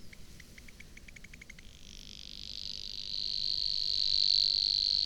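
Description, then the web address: Savi's warbler song opening with spaced dry ticks that speed up, then merging into a continuous high mechanical buzzing reel that grows louder toward the end. "chant didier collin locustelle luscinioide"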